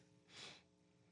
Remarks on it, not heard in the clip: No, I don't have any mucus. I'm good. It was a dry sneeze.